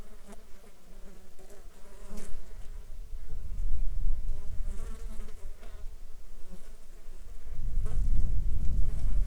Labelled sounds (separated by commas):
insects